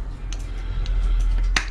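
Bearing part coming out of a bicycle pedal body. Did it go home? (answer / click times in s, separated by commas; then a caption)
released / 1.6 s. A corroded metal bearing part being worked out of a Race Face Atlas bicycle pedal body gives two faint ticks at 0.3 s and 0.9 s over a steady low hum. At 1.6 s it suddenly pops free with one sharp, loud clack. The part comes out, but it ends up broken.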